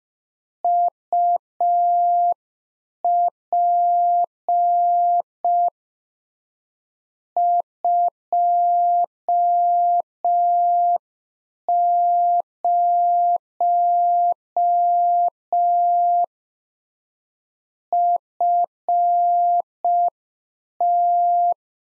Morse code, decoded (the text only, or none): UP 20 FT